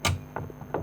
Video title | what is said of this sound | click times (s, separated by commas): Ford Fiesta Radiator Replacement - Fiesta Radiator Removal - 02-08 | the clip back into position like so and simply push until you hear it click in place | 0.4 s, 0.7 s